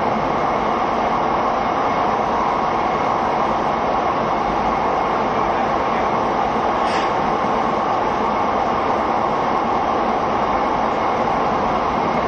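A train runs steadily with a constant, dense rumbling roar and rattle, and a brief high squeal near seven seconds.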